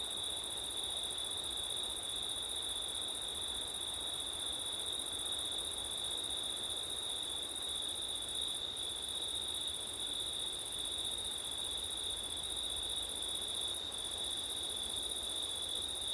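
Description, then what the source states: Crickets keep up a constant high trill for the whole stretch, an upper shimmering layer briefly cutting out twice. Crickets on a windy September night; ortif (ORTF) microphone setup.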